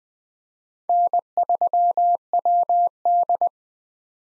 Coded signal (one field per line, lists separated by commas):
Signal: Morse code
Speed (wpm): 20 wpm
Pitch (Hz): 700 Hz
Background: none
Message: N3WD